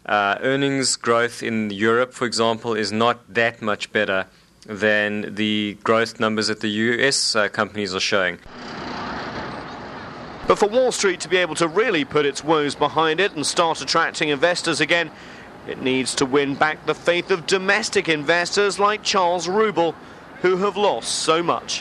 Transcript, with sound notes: Earnings growth in Europe for example, is not that much better than the growth numbers that the US companies are showing.
[The sounds of Times Square.] But for Wall Street to be able to really put its woes behind it and start attracting investors again, it needs to win back the faith of the domestic investors and like, Charles Ruble who have lost so much.